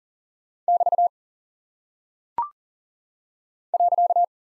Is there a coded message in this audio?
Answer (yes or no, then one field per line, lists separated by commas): yes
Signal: Morse code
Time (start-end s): 0.7-4.2 s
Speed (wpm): 39 wpm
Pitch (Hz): 700 Hz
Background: none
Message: <BT> .